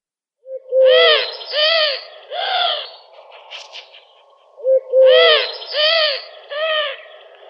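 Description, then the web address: Eurasian collared dove giving full, rich three-note coos, the phrase repeated twice in quick succession with a brief softer sound between. "Schulze Peter Eurasian Collared-Dove calls"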